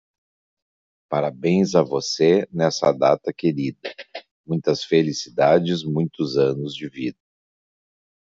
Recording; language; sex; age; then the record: short text; Brazilian Portuguese; male; 60 to 69 years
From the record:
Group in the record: control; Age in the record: 63 years